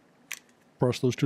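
A camera quick-release plate is worked free of a metal tripod quick-release clamp, Ulanzi Fast Claw universal plate mount. The plate comes out with a sharp click at 0.3 s, followed by a faint tick, and then someone talks. The plate is released.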